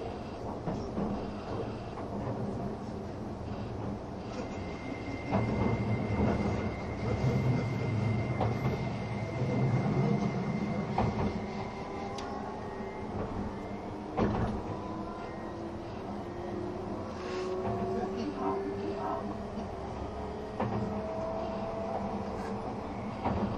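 Running sound of the Spacia X limited express train: a steady, dense rumble with a low hum throughout, louder between about 5 and 11 seconds. Sharp clacks sound from the track at intervals, notably near 5, 11 and 14 seconds, while faint whining tones rise and fall in the background.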